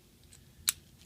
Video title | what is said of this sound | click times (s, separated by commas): Jireh Supplies Demonstrates How to Connect external Mixer and Mics to Bose L1 Compact | it clicks into place | 0.7 s